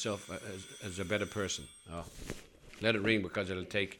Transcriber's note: a telephone rings